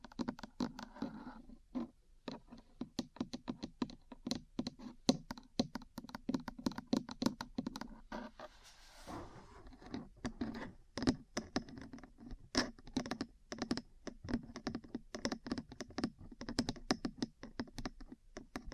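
Metal parts tapping and scratching in a quick, irregular stream of sharp clicks and knocks, dense like rapid typing throughout. Around nine seconds the tapping pauses briefly for a soft, hissing scrape before the clatter resumes, with some brighter metallic ticks later on.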